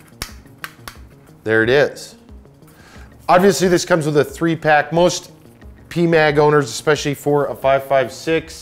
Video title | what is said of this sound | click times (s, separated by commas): ProMag Pmag Base Plate Install & Review | you'll hear it snap just like you did and that's it so there it is | 0.2 s